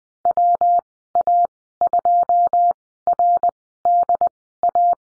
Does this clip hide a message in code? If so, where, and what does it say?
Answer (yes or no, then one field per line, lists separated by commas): yes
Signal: Morse code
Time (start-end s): 0.3-4.9 s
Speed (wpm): 20 wpm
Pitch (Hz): 700 Hz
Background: none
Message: WA2RDA